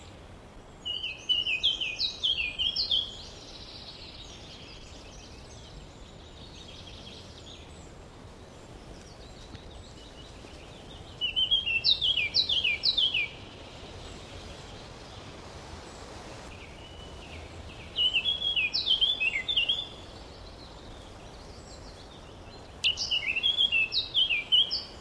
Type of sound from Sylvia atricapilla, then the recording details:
song. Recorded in the wild. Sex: male. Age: adult. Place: Mühlenbecker Wald, Brandenburg, DE. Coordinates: 52.7, 13.4. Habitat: marshland, glade. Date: 1988-06-19 11:36. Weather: cloudy, 14-18°C. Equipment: Nagra SN, Kopie Tesla B 116. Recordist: Tembrock, Günter